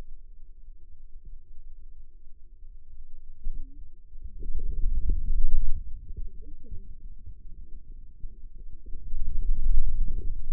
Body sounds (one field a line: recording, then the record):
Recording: forearm muscle sounds (acoustic myography)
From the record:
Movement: radial deviation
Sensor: system 2, bracelet of six BSWA MPA416 microphones around the upper forearm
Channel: 6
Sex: female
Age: 21 years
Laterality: right